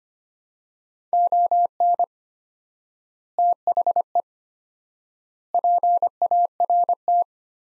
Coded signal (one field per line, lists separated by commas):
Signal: Morse code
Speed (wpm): 25 wpm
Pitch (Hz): 700 Hz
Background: none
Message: ON THE PART